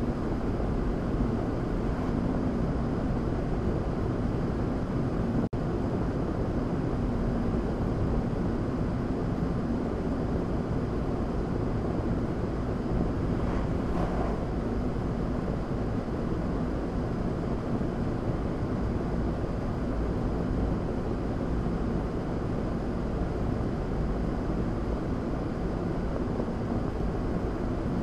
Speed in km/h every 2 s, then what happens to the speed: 77, 77, 76, 74, 74, 72, 72, 72, 74, 72, 72, 72, 72, 74.
0-28 steady at about 72.